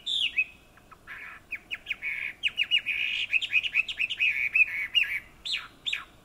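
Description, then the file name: Chinese hwamei song, a fast stream of clear whistled notes and rapid chattering phrases, with short pauses before and after the main burst. "Garrulax canorus"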